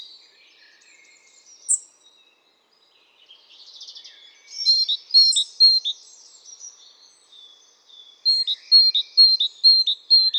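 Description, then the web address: Great tit phrases, pairs of high and lower notes, come in two bursts amid twittering and a sharp high chip. "SETE data Parus major"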